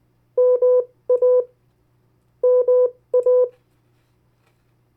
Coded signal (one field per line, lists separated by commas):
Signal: Morse code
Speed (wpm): 19 wpm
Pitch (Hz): 500 Hz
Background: none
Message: MA MA